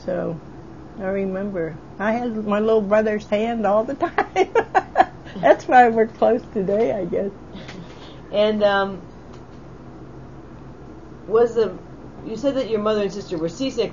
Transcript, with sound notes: So I remember, I had my little brother's hand all the time, (laughing) that's why we're close today I guess.
And was the, you said that your mother and sister were seasick.